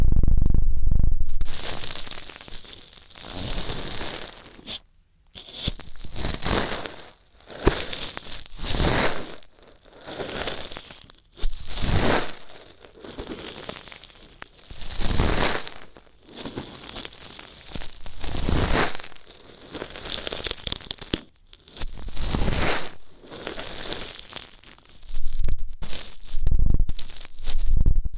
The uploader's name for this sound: ASMR Intense Electrifying Ear Cleaning